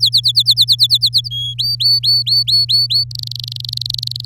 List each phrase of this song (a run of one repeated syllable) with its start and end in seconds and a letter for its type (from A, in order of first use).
0.00-1.29 A, 1.30-1.54 B, 1.58-3.04 C, 3.11-4.25 D